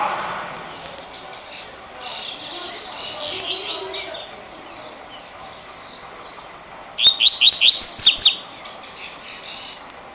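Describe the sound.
Double-collared seedeater singing. A faint run of high rising notes comes first, then a louder phrase of several sharp upslurred whistles near the end.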